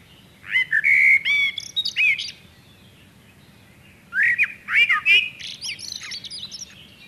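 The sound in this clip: Common blackbird song: two phrases, each opening with low fluted whistles and ending in a high squeaky twitter, separated by about two seconds of quiet.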